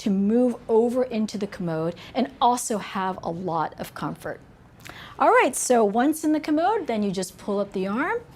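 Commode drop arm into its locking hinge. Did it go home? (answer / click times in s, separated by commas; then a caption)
no / none. Someone talks throughout while the metal drop arm of a Nova bariatric drop-arm commode is handled and pulled up toward its locking hinge, where it locks in the raised position. Nothing has seated or clicked yet by the end of the clip.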